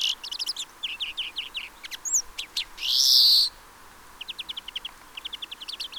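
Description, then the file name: European greenfinch twittering in quick trilled runs, then one long drawn-out nasal wheeze near the middle, with more chattering trills after it. "Chloris chloris"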